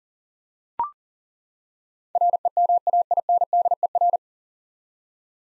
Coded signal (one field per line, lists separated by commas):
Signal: Morse code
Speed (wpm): 40 wpm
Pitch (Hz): 700 Hz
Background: none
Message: REMAINDER